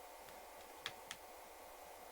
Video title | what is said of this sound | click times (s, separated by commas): Virtue VIO Customization Guide for a Retail Paintball Store | If you just snap in the nose parts first. | 0.9 s, 1.1 s